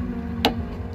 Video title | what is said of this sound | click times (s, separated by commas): Breaking Things with Tater Ep 14 - Smart Fortwo 20K Service | There we go, click. | 0.4 s